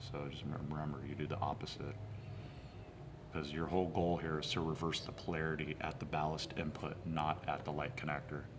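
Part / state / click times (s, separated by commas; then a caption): HID ballast input connector and its terminals / not seated / none. Someone talks while handling an HID ballast input connector and its terminals, which have been re-pinned to reverse the polarity at the ballast input rather than at the light connector. No distinct clicks or snaps stand out over the speech. Nothing has seated or clicked yet.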